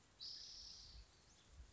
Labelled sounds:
Spotted Towhee (Pipilo maculatus)

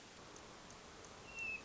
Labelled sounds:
Hermit Thrush (Catharus guttatus)

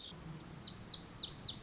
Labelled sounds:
Lazuli Bunting (Passerina amoena)

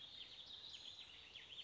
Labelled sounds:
Warbling Vireo (Vireo gilvus)

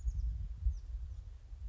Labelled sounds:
Chestnut-backed Chickadee (Poecile rufescens)

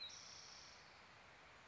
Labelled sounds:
Spotted Towhee (Pipilo maculatus)

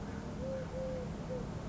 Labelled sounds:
Eurasian Collared Dove (Streptopelia decaocto)

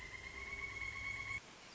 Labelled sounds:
Pileated Woodpecker (Dryocopus pileatus)

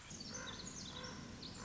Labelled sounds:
Common Raven (Corvus corax)

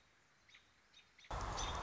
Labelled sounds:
American Robin (Turdus migratorius)

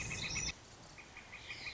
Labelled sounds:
Northern Flicker (Colaptes auratus)

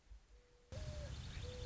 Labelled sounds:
Mourning Dove (Zenaida macroura)

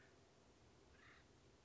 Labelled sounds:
Acorn Woodpecker (Melanerpes formicivorus)

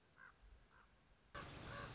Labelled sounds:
Common Raven (Corvus corax)

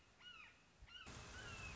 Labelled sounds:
Red-shouldered Hawk (Buteo lineatus)

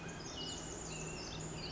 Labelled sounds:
Pacific Wren (Troglodytes pacificus)

